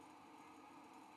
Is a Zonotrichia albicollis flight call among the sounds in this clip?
no